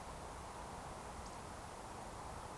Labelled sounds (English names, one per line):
Eurasian Woodcock whistle